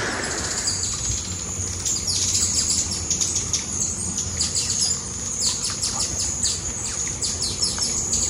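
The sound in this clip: Hummingbird chirps, a dense stream of very high, thin, rapid twitters and squeaks running throughout, with a faint steady hiss in the background.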